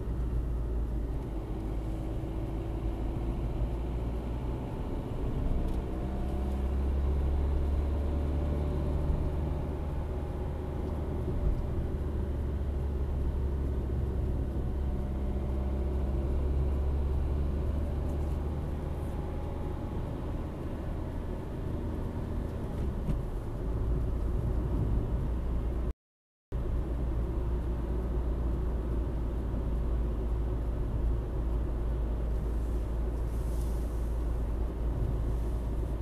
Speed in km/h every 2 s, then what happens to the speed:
43, 42, 44, 54, 55, 54, 52, 52, 57, 61, 61, 62, 62, 63, 61, 58, 57, 59.
4-6 speeds up to 54. 6-14 steady at about 54. 14-18 speeds up to 61. 18-36 steady at about 61.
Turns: none.